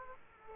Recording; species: mosquito wingbeat signal from an infrared sensor; Aedes aegypti